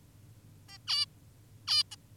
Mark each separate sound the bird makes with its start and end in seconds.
0.68-0.78, 0.88-1.06, 1.68-1.84, 1.92-1.96